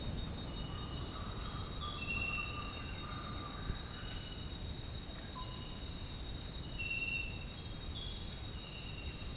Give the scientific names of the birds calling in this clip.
Ortalis guttata, Pachyramphus polychopterus, Psarocolius angustifrons